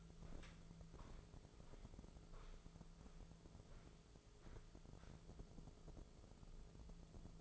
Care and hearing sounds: daily activity, microphone in the room; walk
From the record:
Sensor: 5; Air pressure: 1005.6 hPa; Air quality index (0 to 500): 92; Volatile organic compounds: 2 ppm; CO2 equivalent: 1118 ppm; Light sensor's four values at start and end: 33/76/30/29 and 33/77/31/29

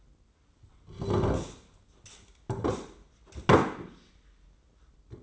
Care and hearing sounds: daily activity, microphone in the room; sit down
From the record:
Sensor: 3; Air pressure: 996.0 hPa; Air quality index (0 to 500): 245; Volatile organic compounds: 1000 ppm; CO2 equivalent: 6272 ppm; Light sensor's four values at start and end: 37/88/39/42 and 40/97/42/46

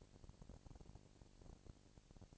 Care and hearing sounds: daily activity, microphone in the room; no activity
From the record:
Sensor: 5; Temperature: 20.1 degrees Celsius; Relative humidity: 38.2%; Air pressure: 998.9 hPa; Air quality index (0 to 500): 218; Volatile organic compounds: 24 ppm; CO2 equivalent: 2805 ppm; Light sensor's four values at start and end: 2/3/1/1 and 2/3/1/1

